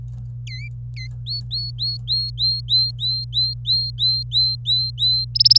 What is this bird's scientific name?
Serinus canaria